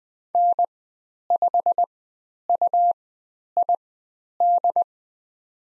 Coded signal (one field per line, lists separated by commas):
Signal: Morse code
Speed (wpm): 20 wpm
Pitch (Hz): 700 Hz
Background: none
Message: N5UID